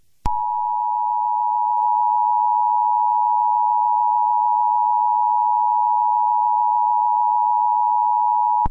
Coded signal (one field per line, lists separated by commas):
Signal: Emergency Alert System (SAME) tones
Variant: 853 and 960 Hz attention tone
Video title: (MY FIRST EAS SCENARIO) The Great Britton Hill Collapse of Florida